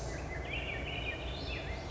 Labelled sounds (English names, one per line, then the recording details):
Swainson's Thrush
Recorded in Sonoma County, California